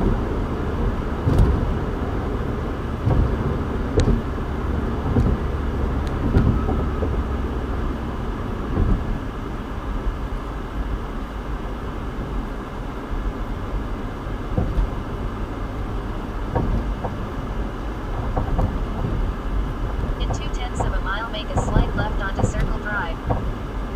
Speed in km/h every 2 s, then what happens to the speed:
92, 92, 89, 82, 69, 64, 63, 63, 64, 64, 56, 55.
0-24 slows to 55.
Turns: none.